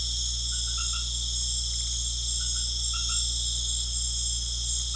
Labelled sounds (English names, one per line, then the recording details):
none
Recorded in pastures near Puerto Asís, Putumayo, Colombia, on 13 March 2025 at 20:00
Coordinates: 0.505, -76.324
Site GP08